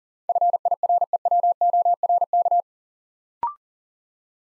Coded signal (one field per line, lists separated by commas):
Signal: Morse code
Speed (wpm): 42 wpm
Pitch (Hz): 700 Hz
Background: none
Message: FIREWORK